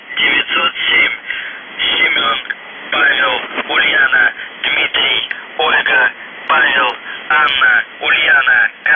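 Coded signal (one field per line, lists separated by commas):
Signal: coded military voice message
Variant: UVB-76, Russian voice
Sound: a voice reading short, separated words over a narrow radio channel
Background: radio static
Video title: The Buzzer/UVB-76(4625Khz) July 7, 2021 12:40UTC Voice message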